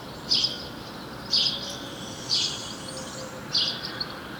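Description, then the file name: House sparrow giving four sharp, bright chirps, about one per second, against soft steady background noise. "Passer domesticus"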